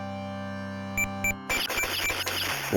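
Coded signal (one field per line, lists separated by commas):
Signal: none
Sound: a game's beep sequence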